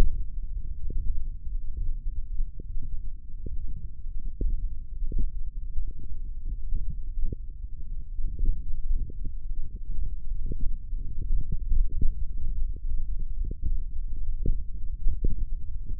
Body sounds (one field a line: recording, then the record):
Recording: forearm muscle sounds (acoustic myography)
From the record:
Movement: thumb flexion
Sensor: system 1, eight BSWA MPA416 microphones around the upper forearm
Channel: 6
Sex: male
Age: 21 years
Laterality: right